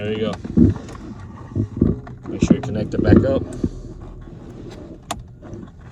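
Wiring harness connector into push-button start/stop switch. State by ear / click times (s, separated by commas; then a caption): seated / 5.1 s. A wiring harness connector is plugged back onto a replacement push-button start/stop switch behind the dash trim of a Honda Pilot while someone talks. A sharp click at 5.1 s marks the connector latching into place, and it is seated.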